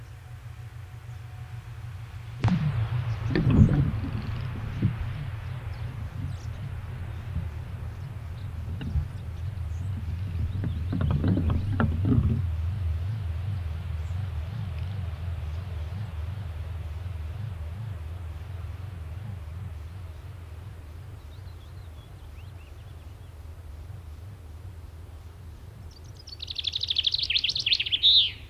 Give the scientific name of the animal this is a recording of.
Fringilla coelebs